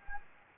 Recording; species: mosquito wingbeat signal from an infrared sensor; Anopheles gambiae